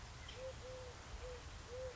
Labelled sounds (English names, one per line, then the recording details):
Eurasian Collared Dove
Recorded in Sonoma County, California